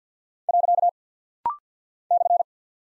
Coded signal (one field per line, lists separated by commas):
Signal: Morse code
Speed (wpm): 52 wpm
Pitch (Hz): 700 Hz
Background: none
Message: . /